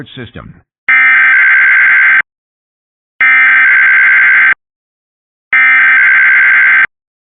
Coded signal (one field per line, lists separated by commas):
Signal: Emergency Alert System (SAME) tones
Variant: header bursts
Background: speech